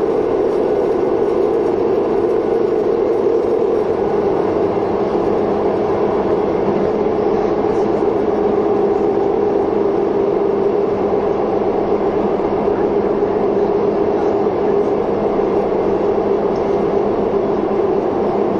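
A train running, with a steady, dense rumble and a strong droning hum in the low middle that holds level for the whole stretch. Faint rhythmic clatter runs underneath, and the loudness stays constant throughout without clear breaks or separate events.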